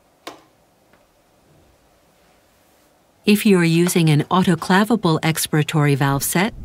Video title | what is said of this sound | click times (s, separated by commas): HAMILTON C6 Ventilator Setup | and twist it clockwise until it locks into place | 0.3 s